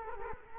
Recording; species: mosquito wingbeat signal from an infrared sensor; Culex quinquefasciatus